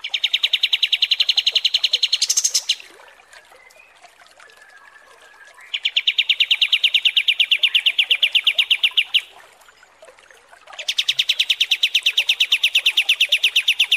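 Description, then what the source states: Kapas tembak song: three long, steady rattling trills of rapid repeated notes, with quiet gaps between them. Masteran training recording.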